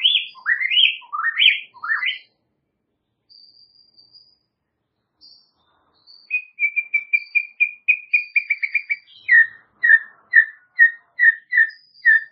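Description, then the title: White-rumped shama song: rich whistled slurred phrases, then a run of quick repeated notes followed by several clear repeated whistles. "murai batu"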